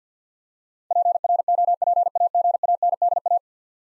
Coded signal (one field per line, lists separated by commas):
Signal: Morse code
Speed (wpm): 50 wpm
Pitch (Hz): 700 Hz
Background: none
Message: PROPAGANDA